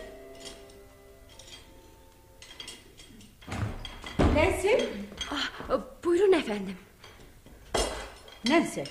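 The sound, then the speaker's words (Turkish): Dishes and cutlery clink and clatter in irregular bursts as someone washes the dishes in a kitchen, the sharp knocks growing louder after a quieter, faintly humming opening. “Ben mutfakta bulaşıkları yıkarken hanımım Miss Polly Harrington telaşla mutfağa girmişti.”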